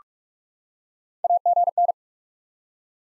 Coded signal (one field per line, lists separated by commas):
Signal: Morse code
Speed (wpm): 47 wpm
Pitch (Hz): 700 Hz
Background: none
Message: AGN